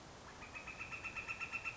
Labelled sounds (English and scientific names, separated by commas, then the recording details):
Northern Flicker (Colaptes auratus)
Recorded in Sonoma County, California